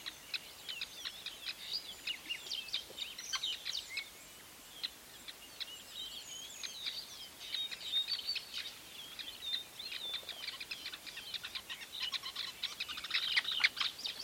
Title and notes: a large Weaver nest in Etosha NP, Namibia